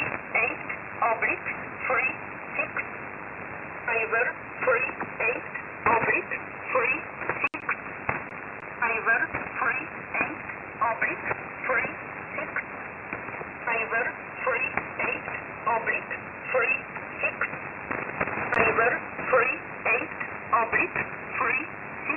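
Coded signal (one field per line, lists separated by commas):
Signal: numbers station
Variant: E11 Oblique, English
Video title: 07 06 2021 Number station E11 Oblique in English to Eu 0900 on 7449 unknown tx site in USB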